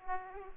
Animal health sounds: mosquito wingbeat signal from an infrared sensor; Aedes aegypti

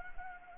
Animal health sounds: mosquito wingbeat signal from an infrared sensor; Anopheles gambiae

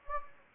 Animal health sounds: mosquito wingbeat signal from an infrared sensor; Anopheles gambiae

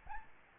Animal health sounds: mosquito wingbeat signal from an infrared sensor; Aedes albopictus

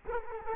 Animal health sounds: mosquito wingbeat signal from an infrared sensor; Culex quinquefasciatus

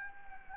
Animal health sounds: mosquito wingbeat signal from an infrared sensor; Anopheles gambiae

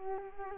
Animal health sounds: mosquito wingbeat signal from an infrared sensor; Culex quinquefasciatus

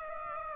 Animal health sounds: mosquito wingbeat signal from an infrared sensor; Aedes aegypti

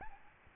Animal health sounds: mosquito wingbeat signal from an infrared sensor; Aedes albopictus

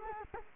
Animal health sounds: mosquito wingbeat signal from an infrared sensor; Culex quinquefasciatus

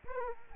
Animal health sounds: mosquito wingbeat signal from an infrared sensor; Aedes aegypti

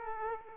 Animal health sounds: mosquito wingbeat signal from an infrared sensor; Aedes aegypti

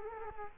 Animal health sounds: mosquito wingbeat signal from an infrared sensor; Culex quinquefasciatus

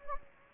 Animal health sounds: mosquito wingbeat signal from an infrared sensor; Anopheles gambiae

